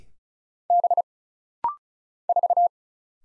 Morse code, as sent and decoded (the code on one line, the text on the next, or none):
-... / ....-
B 4